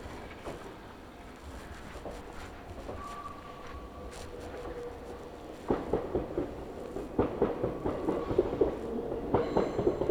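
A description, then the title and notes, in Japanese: A Meitetsu Toyokawa Line limited express train rumbles steadily for the first half, with a thin whine rising and fading. After about six seconds it grows louder and busier, with irregular sharp bangs and clatters that fit seats being flipped around. 名古屋鉄道 豊川線 特急 豊川稲荷→国府。朝２本だけ走っている特急列車に乗ってみました。とはいえ各駅に停まって国府まで進むのでゆっくりです。折り返し列車なので到着すると座席の向きをバタンバタンと変えながら座席確保をしていきます。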